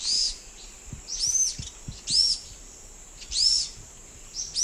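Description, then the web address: Orange-eyed flatbill repeating a high, thin, upward-sweeping call roughly every second, with a continuous high background hum. Recorded in the eastern lowlands of South America. "Natures Songs S America Eastern Lowlands 388 Orange-eyed Flatbill"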